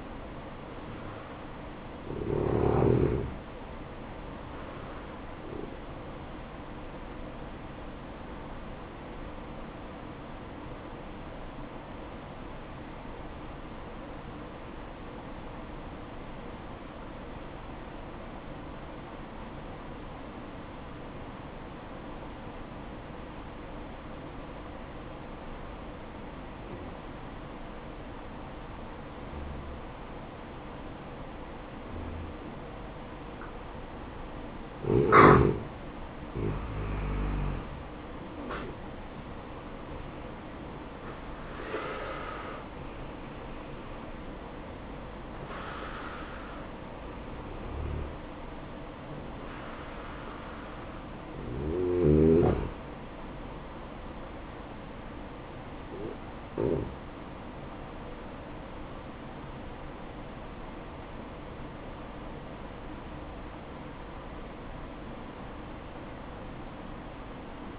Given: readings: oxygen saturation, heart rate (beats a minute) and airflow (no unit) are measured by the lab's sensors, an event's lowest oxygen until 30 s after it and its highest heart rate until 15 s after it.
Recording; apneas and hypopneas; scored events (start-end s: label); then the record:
breathing in sleep by a voice recorder at the bedside; 1
6.00-33.90 s: hypopnea (N1, oxygen 95% highest, then 86% lowest, heart rate 63 at the start, 69 highest)
From the record:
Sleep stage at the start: N1 (lightest sleep); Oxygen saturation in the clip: 86 to 95%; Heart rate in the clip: 54 to 69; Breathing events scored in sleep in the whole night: 573 in 9.8 hours asleep